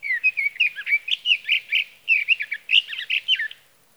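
Sage thrasher in full song, a rapid, jumbled series of warbled and chattering notes in quick bursts for about three and a half seconds.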